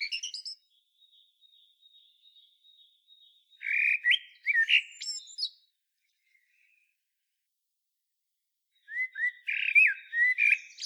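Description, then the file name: Common blackbird song: low fluted warbling phrases ending in high squeaky twitters, three bursts spaced by long pauses, with a thin steady high whistle in the first gap. "Turdus merula"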